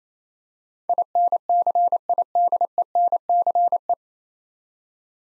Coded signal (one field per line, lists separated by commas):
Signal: Morse code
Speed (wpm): 28 wpm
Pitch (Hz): 700 Hz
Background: none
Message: INCIDENCE